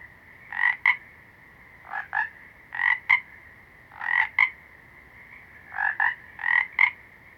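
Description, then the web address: Frog calls: repeated double croaks at irregular intervals. Small green frogs. "Natures Songs Nature Sounds Sounds of Nature Collection Small Green Froggies"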